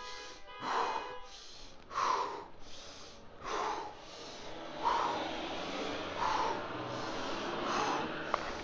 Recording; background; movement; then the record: deep breathing; traffic; walking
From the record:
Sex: male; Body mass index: 22.0 kg/m2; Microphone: on the chest, facing outward